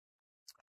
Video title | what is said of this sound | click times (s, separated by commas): Upgrading a Dell Precision 5810 Workstation on a Budget | pop it in. It always clips nice. | 0.5 s